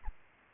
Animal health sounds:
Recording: mosquito wingbeat signal from an infrared sensor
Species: Aedes albopictus

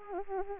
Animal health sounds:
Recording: mosquito wingbeat signal from an infrared sensor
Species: Anopheles arabiensis

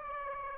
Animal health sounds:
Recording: mosquito wingbeat signal from an infrared sensor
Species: Aedes aegypti

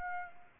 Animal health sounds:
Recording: mosquito wingbeat signal from an infrared sensor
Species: Aedes aegypti

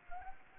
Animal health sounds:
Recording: mosquito wingbeat signal from an infrared sensor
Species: Anopheles gambiae

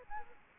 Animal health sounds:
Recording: mosquito wingbeat signal from an infrared sensor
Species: Aedes aegypti

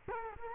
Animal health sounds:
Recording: mosquito wingbeat signal from an infrared sensor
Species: Culex quinquefasciatus

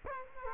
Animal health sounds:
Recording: mosquito wingbeat signal from an infrared sensor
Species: Culex quinquefasciatus

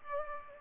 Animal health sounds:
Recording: mosquito wingbeat signal from an infrared sensor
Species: Culex pipiens

